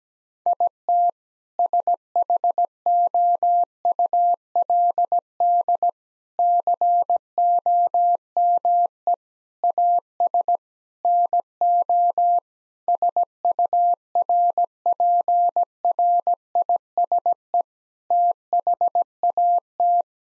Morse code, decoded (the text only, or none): IT SHOULD COME AS NO SURPRISE THAT